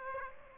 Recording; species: mosquito wingbeat signal from an infrared sensor; Aedes aegypti